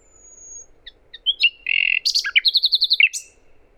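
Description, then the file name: Common nightingale song: a thin high whistle, then varied chirps, a buzzy trill and a fast run of repeated sharp notes, rich and loud over a quiet background. "Luscinia megarhynchos"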